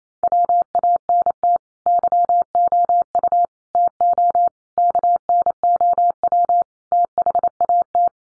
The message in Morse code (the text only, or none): WANT YOU TO KNOW THAT